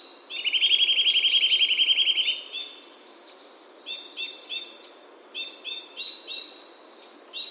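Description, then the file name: Eurasian nuthatch trill: a loud, rapid run of even whistled notes lasting about two seconds, followed by quieter, higher chirps. "Sitta europaea"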